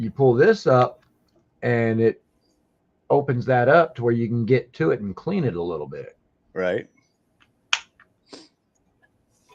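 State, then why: Seated. Someone talks while pulling up the hinged flap of a plastic drink cup lid to open it for cleaning, then pushes it back down. The flap snaps back into place in the lid with a sharp, loud snap at 7.7 s, followed by a few faint clicks.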